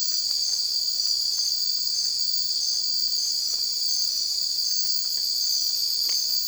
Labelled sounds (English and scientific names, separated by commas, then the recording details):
none
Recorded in dense forest near Puerto Asís, Putumayo, Colombia, on 20 December 2024 at 02:00
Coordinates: 0.482, -76.320
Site G021